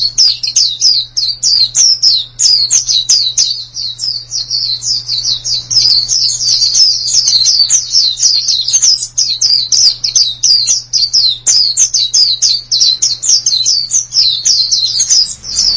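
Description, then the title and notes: White-eye song as a sustained rapid series of high twittering notes, barely pausing, over a faint low electrical hum. Chirping song. "Suara kicauan burung pleci"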